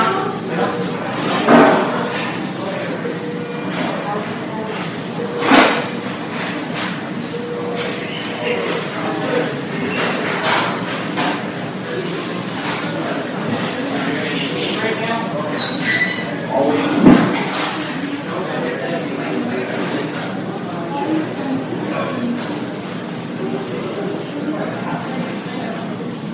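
A hospital emergency room with steady overlapping chatter, occasional brief clatters near 2, 6 and 17 seconds, and faint beeps throughout.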